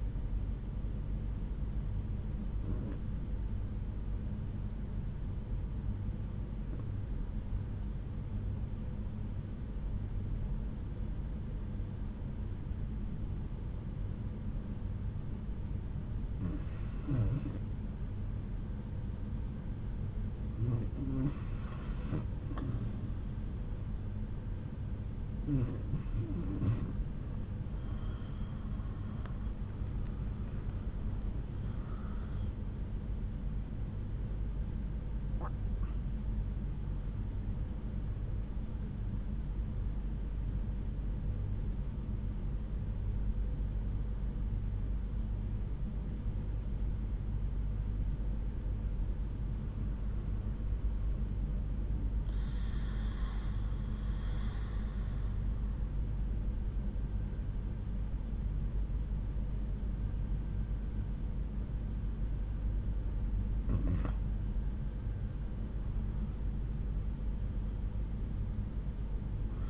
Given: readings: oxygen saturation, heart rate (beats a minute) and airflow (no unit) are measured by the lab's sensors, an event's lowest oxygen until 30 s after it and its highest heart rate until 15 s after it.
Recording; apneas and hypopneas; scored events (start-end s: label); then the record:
breathing in sleep by a smartphone at the bedside; 2
5.00-20.40 s: obstructive apnea (REM, oxygen 94% highest, then 86% lowest)
40.00-69.70 s: new sleep stage, N1 (lightest sleep)
44.00-64.90 s: hypopnea (N1, oxygen 98% highest, then 94% lowest)
From the record:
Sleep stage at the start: REM sleep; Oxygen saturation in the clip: 83 to 98%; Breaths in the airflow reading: 9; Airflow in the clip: -8.6 to 10.7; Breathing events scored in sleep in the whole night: 368 in 8.0 hours asleep